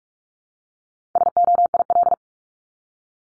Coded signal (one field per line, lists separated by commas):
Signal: Morse code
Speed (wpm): 44 wpm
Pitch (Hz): 700 Hz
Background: none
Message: SOIL